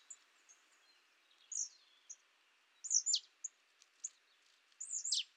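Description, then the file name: Marsh tit giving scattered sharp high notes, some steeply downslurred, singly and in short groups. "Poecile palustris"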